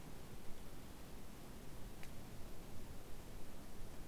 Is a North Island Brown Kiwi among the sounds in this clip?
no